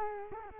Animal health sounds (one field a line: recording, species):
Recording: mosquito wingbeat signal from an infrared sensor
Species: Culex quinquefasciatus